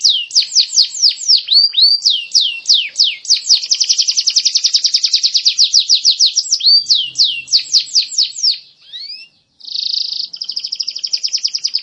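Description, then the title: Canary song: rapid trills of steeply falling whistled notes alternating with fast buzzy rattles, bright throughout, with a brief pause near the end. Champion singer. "Kicau Burung Kenari Juara"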